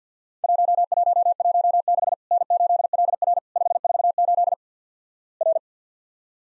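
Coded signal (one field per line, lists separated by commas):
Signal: Morse code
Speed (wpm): 50 wpm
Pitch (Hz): 700 Hz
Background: none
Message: 1116 N8LR 548 R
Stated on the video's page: Worked All Europe DX Contest QTC exchange drill at 50 wpm, each exchange sent, spoken, then sent again.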